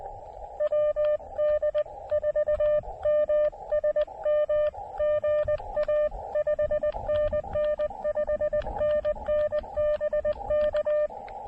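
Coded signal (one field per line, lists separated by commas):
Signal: Morse code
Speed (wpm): 19 wpm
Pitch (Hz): 590 Hz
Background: none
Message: WD4MSM GA 5NN 5NN BK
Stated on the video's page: SOTA QRP activation working DX with a KX2 and a 20 meter delta loop antenna, on 20, 10, 12 and 15 meters.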